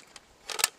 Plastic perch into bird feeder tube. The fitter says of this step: what you got to do you got to push these until they clip hear